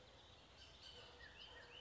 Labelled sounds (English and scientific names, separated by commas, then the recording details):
Bullock's Oriole (Icterus bullockii)
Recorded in Sonoma County, California